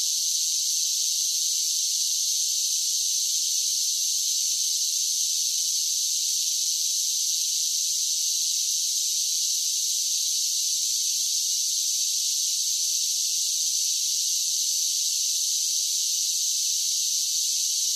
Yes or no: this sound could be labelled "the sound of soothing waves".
no